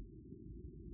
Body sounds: neck accelerometer signal played as sound; no cough (speech, laughter, throat clearing or background)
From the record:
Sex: female

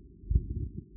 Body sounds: neck accelerometer signal played as sound; no cough (speech, laughter, throat clearing or background)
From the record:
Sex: female

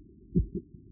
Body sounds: neck accelerometer signal played as sound; voluntary cough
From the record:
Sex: male

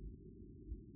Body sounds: neck accelerometer signal played as sound; no cough (speech, laughter, throat clearing or background)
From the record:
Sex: male

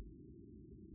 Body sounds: neck accelerometer signal played as sound; no cough (speech, laughter, throat clearing or background)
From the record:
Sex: male

